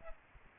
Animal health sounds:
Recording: mosquito wingbeat signal from an infrared sensor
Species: Aedes aegypti

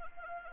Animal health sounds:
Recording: mosquito wingbeat signal from an infrared sensor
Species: Anopheles arabiensis

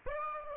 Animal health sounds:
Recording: mosquito wingbeat signal from an infrared sensor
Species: Aedes aegypti

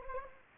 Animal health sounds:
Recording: mosquito wingbeat signal from an infrared sensor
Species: Anopheles gambiae

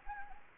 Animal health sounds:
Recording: mosquito wingbeat signal from an infrared sensor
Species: Anopheles gambiae

